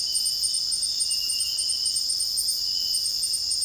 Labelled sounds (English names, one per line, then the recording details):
none
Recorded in dense forest near Puerto Asís, Putumayo, Colombia, on 20 February 2024 at 05:00
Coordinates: 0.481, -76.318
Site G6421